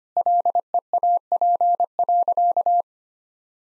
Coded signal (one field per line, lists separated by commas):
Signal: Morse code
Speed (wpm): 25 wpm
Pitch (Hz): 700 Hz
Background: none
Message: LEAP.